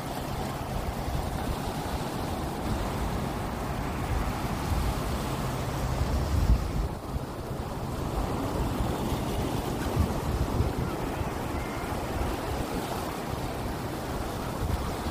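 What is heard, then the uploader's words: Beach sound with a steady, dense wash of surf and a low, rumbling hum underneath, much like a boat engine running offshore. The level stays nearly constant throughout, with a brief swell and dip around six to seven seconds. The beach sounds.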